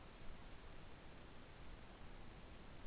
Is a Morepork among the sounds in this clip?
no